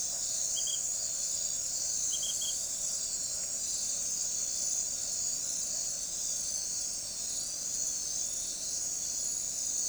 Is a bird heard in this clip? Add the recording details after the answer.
no. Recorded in forest near Pivijay, Magdalena, Colombia, on 5 June 2023 at 23:30. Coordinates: 10.467, -74.380. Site Z5-G034